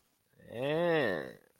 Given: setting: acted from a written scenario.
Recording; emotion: vocal sound without words; disgust